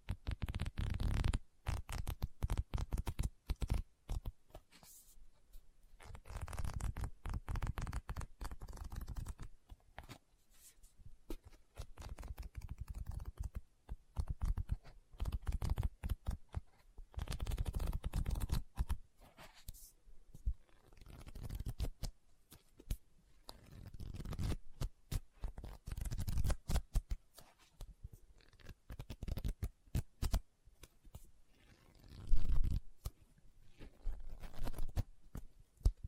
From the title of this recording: Book Tapping, Scratching, Page Turning